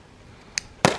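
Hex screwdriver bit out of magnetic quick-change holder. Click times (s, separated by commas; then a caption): 0.6 s, 0.8 s. A hex screwdriver bit from a Kobalt Speed Fit set is popped out of its magnetic quick-change holder after use, to swap to the next size. Two sharp clicks are heard at 0.6 s and 0.9 s, the second louder and longer, and the bit is released.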